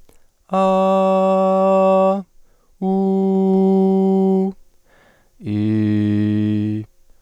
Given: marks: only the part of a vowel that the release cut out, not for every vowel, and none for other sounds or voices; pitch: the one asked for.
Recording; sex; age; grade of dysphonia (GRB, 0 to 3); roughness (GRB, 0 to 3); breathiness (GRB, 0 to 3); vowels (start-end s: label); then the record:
sustained vowels; male; 30 to 39 years; 0; 0; 0
0.69-2.06 s: vowel /a/, high pitch
3.10-4.33 s: vowel /u/, high pitch
5.63-6.55 s: vowel /i/, low pitch
From the record:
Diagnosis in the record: hyperfunctional dysphonia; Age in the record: 32 years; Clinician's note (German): Bei ausgebildeter Gesangsstimme